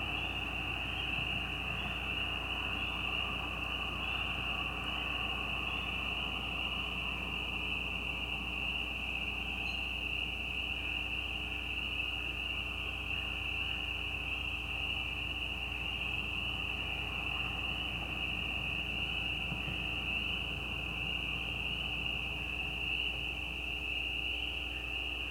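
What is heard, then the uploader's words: Spring peeper frogs call at night in a dense, steady high-pitched chorus that runs unbroken for the whole clip, with individual peeps repeating quickly on top. A low, constant hum sits underneath throughout, and the level stays even from start to finish. Peepers peeping. Recorded at the side of a gravel road at night. Recorded by Anton Pickard.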